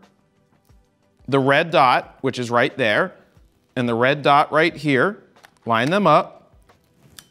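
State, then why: Seated. An EF mount adapter is lined up red dot to red dot and turned on a Canon EOS RP mirrorless camera body while someone talks. Faint handling ticks follow the speech, then a sharp click at 7.2 s as the adapter seats and is attached.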